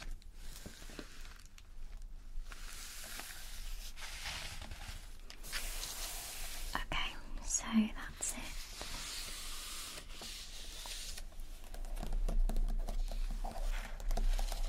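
Colouring pencil strokes scratch and rub in uneven bursts, with bright raspy patches around two to four, five to seven and eight to eleven seconds. Short pauses and small taps break up the strokes, and a low steady hum sits underneath, growing louder near the end.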